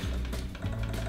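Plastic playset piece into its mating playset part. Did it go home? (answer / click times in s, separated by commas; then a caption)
no / none. A plastic piece of a Barbie teacher playset is handled and fitted against its mating playset part, making brief plastic taps at about 0.3, 0.6 and 0.8 s over steady low-pitched background tones. Nothing has seated or clicked yet.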